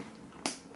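A plastic clasp on a backpack strap is snapped shut, giving one sharp snap at 0.5 s, followed by a faint small click at about 0.8 s over quiet background noise. The clasp seats closed, though it does not really hold its snap.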